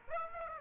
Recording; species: mosquito wingbeat signal from an infrared sensor; Aedes aegypti